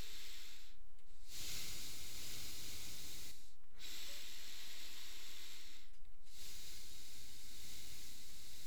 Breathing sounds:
nose breathing near a microphone
0.00-1.00 s: inhalation
1.00-3.70 s: exhalation
3.70-6.05 s: inhalation
6.05-8.67 s: exhalation
From the record:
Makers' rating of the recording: medium

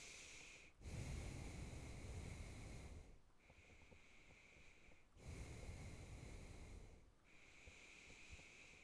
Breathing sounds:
nose breathing near a microphone
0.00-0.72 s: inhalation
0.72-3.27 s: exhalation
3.27-5.11 s: inhalation
5.11-7.17 s: exhalation
7.17-8.84 s: inhalation
From the record:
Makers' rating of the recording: good

